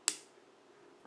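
A quick release plate attached to the bottom of a camera is pushed into the tripod's quick release mount. It seats with one sharp, bright click at 0.1 s that rings down over about a fifth of a second, followed by a faint tick near 1.1 s. The plate is confirmed seated in the mount.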